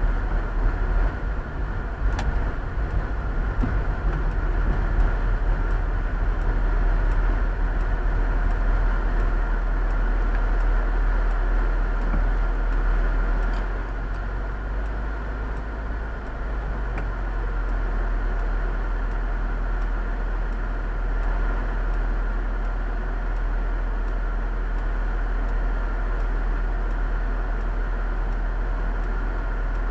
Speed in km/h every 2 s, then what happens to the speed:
28, 27, 26, 22, 19, 12, 9, 6, 0, 0, 0, 0, 0, 0, 0.
0-15 slows to 0. 15-30 standing.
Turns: none.